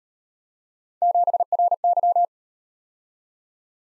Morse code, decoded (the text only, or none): 7RY